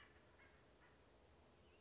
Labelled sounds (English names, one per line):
Acorn Woodpecker